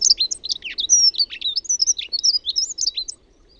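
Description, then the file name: Dunnock song: a rapid, high, jumbled warble of squeaky notes lasting about three seconds, then stopping abruptly. "RAUTIAINEN"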